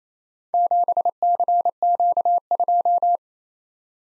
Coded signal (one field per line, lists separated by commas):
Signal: Morse code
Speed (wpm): 27 wpm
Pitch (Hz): 700 Hz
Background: none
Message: 7CQ2